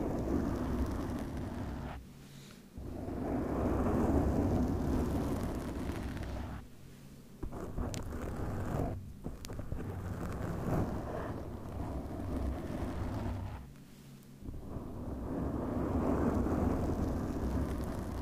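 Microphone scratching with no talking: a dense, rough rumble of rubbing and scraping that stays heavy in the low end. It breaks off into brief near-silent gaps around 2, 7, 9 and 14 seconds, with a few sharp clicks near 7.5 to 9 seconds.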